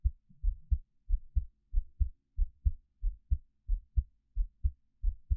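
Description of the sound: Steady paired low thumps, a clear lub-dub, about 90 beats a minute with an even rhythm. It is an adult heartbeat recorded close up for ASMR with a 3Dio binaural microphone, with no talking or background sound.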